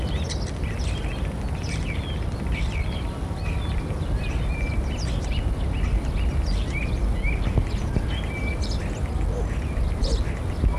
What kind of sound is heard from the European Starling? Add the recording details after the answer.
song. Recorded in the wild. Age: adult. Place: Erkner, Brandenburg, DE. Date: 1963-06-04 16:40. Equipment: Minifon, Kopie Smaragd. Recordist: Tembrock, Günter. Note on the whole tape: Löcknitz - Wupatzsee: Gesang